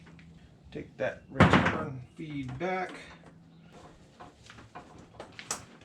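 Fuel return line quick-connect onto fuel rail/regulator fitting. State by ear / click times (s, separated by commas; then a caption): seated / 5.5 s. Someone talks while pushing the return fuel line's quick-connect fitting back onto its nipple at the fuel pressure regulator and fuel rail of a stock-block turbo Foxbody. A few light taps lead up to a sharp click at 5.5 s as the fitting seats.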